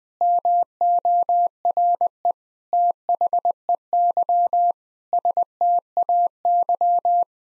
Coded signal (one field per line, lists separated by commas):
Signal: Morse code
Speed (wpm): 21 wpm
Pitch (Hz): 700 Hz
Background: none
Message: MORE THEY STAY